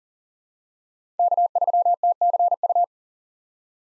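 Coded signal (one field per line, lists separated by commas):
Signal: Morse code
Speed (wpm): 40 wpm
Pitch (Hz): 700 Hz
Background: none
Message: K3TCU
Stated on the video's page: Morse head-copy drill at 40 wpm of common SOTA chaser call signs, each sent, spoken, then sent again.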